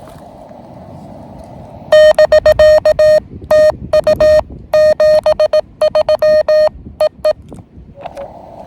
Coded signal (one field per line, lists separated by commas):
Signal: Morse code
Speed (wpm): 18 wpm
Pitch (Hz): 620 Hz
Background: none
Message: <BK> TU 73 EE